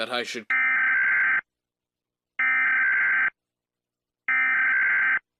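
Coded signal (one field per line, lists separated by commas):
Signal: Emergency Alert System (SAME) tones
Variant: header bursts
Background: speech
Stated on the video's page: Fictional, mock EAS scenario.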